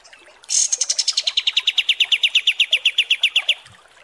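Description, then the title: Kapas tembak song: a rattling trill of quick, even notes lasting three seconds, starting high and settling slightly lower. Masteran training recording. "Masteran Kapas Tembak Mewah"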